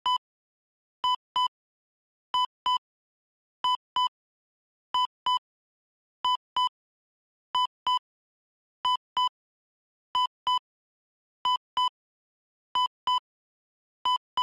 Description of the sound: Medical Heart Monitor Beeps.